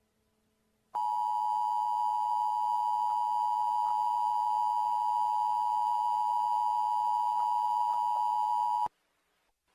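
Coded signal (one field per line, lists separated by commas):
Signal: Emergency Alert System (SAME) tones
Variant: 853 and 960 Hz attention tone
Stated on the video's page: Fictional analog-horror EAS scenario that uses valid tones.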